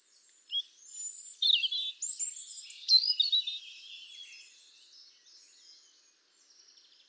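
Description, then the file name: European robin song, a run of high, thin, quickly changing warbled notes, sharp and sweeping, fading into faint twittering with a brief note at the end. "Erithacus rubecula"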